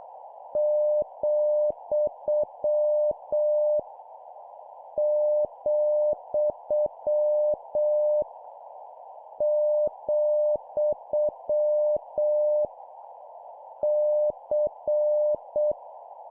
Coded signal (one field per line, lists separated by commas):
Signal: Morse code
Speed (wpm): 7 wpm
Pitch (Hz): 600 Hz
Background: none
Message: , , , C